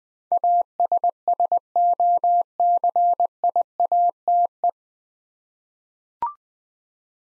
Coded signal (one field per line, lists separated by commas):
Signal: Morse code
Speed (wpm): 20 wpm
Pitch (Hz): 700 Hz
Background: none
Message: ASSOCIATE